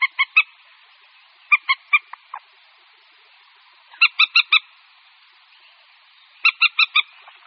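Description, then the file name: Common moorhen calls: short harmonic clucking notes in tight bursts of three to four, repeated about every two seconds, with quiet pauses between. "Slípka-zelenonohá"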